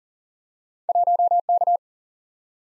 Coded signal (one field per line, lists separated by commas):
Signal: Morse code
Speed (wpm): 38 wpm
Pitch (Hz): 700 Hz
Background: none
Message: 1K